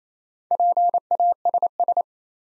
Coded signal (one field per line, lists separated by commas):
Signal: Morse code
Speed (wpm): 27 wpm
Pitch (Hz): 700 Hz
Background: none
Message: PASS